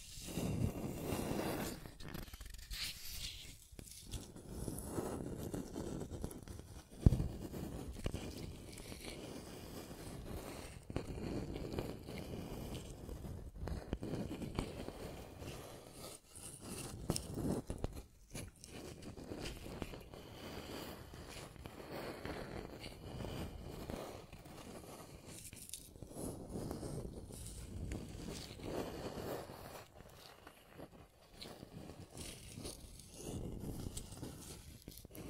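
Scratching and tracing sounds run through the whole stretch in uneven strokes, each a rough, grainy rasp that swells and fades every second or two. The texture stays dry and mid-to-low, with short gaps between strokes and one sharp tap near seven seconds.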